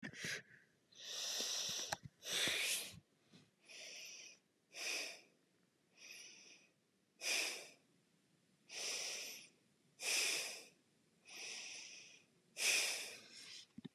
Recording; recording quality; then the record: deep breathing; excellent, no background noise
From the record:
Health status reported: COVID-19 positive, mild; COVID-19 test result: positive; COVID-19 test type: RT-PCR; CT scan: not taken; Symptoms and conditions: fatigue, diabetes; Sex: female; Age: 51 years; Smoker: no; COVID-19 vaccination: both doses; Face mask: not worn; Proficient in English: yes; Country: India